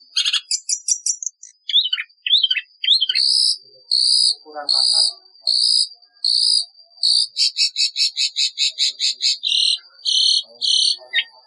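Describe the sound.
Long-tailed shrike song, varied: quick high trills and twisted whistles, then sustained shrill paired tones and fast rattling phrases, with faint lower chatter between.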